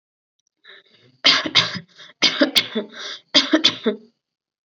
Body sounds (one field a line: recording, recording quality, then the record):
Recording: shallow voluntary cough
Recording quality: excellent, no background noise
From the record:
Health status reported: healthy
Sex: female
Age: 20 years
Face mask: not worn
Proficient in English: yes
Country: India